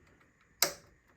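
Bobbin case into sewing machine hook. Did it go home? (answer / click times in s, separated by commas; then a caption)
yes / 0.6 s. A threaded bobbin case, with about a 2 inch thread tail left, is lined up and pushed into the bobbin hook of a SEWPRO 2156 feed-off-the-arm zig-zag sewing machine. After near-silence with a faint tick at 0.2 s, a single sharp, bright click sounds at 0.6 s and decays over about 0.2 s. The bobbin case is seated in place.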